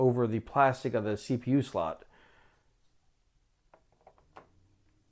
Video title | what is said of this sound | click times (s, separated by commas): Vintage Dual Pentium III Gateway 7450R Server | once it's on there it should just kind of feel like it clicks it clicks right into place | 4.4 s